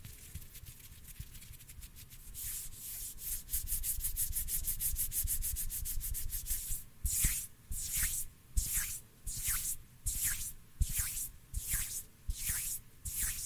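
Hands rub together in fast, dense, hissy strokes for about seven seconds, then slow into regular bright swishes roughly every second.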